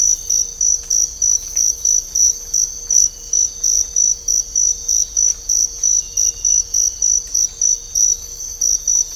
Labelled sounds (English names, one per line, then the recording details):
none
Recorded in dense forest near Puerto Asís, Putumayo, Colombia, on 22 December 2024 at 05:30
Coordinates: 0.500, -76.322
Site G053